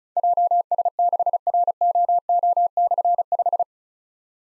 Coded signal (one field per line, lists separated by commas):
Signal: Morse code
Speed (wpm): 36 wpm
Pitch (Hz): 700 Hz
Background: none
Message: JS6ROO/5